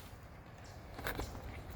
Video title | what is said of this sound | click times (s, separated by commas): Soft Top Installation 95-98 Geo Tracker Suzuki Sidekick @Hwy83SUZUKI | and she's probably losing me on the camera there but boom snaps there | 1.0 s, 1.1 s